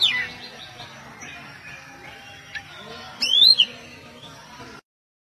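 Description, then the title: Oriental magpie-robin: a loud note at the start, then one loud burst of whistled notes after about three seconds, before the sound cuts off. "Kacer"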